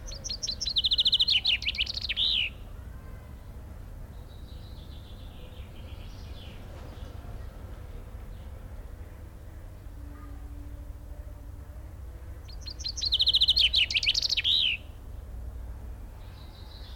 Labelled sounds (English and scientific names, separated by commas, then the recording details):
Common Chaffinch (Fringilla coelebs)
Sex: male
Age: adult
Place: Zoo Dresden, Sachsen, DE
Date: 1993-05-17 13:39
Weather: heiter, 22-26 °C
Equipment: Sony WM-D6C, Sennheiser ME 80, Kopie Uher Variocord 263
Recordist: Tembrock, Günter